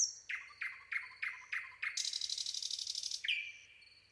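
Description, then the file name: Common nightingale delivering loud notes repeated about three times a second, followed by a harsh rasping trill and a final slurred whistle. "Luscinia megarhynchos"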